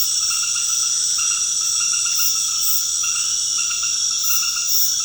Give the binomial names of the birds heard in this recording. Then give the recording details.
none. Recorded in secondary vegetation near Puerto Asís, Putumayo, Colombia, on 19 February 2024 at 19:00. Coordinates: 0.472, -76.331. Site G6371